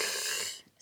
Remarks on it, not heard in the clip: A lateral lisp is when you're trying to say your S sound. If you have a lateral lisp, you're going. The air is escaping through the sides of your mouth instead of the front.